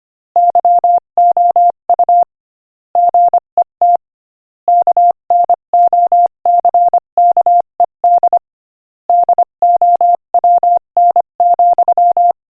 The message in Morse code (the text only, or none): YOU GET KNOCKED DOWN,